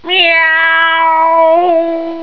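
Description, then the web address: Cat giving one long drawn-out meow, rising briefly at the start, then holding a steady tone for about two seconds before a slight lift and fade. Domestic animal. "特酷声音素材库 动物 家畜 猫 CAT"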